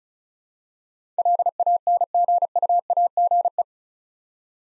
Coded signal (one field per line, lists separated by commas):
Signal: Morse code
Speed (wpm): 36 wpm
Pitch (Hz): 700 Hz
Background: none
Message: LANGUAGE